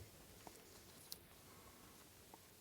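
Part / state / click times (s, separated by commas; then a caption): strain relief clip onto IDC ribbon cable connector / not seated / none. A plastic strain relief clip is being handled against a freshly crimped IDC ribbon-cable connector for the parallel cable of a Commodore 1541C disk drive. Against a quiet background, there are faint handling ticks at about 0.5 s and a brief sharp tick at about 1.1 s. Nothing has seated or clicked yet.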